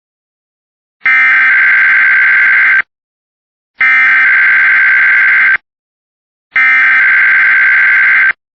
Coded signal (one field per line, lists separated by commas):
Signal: Emergency Alert System (SAME) tones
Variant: header bursts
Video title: EAS Catches #9-12 (EAS) Required Weekly Tests from today and yesterday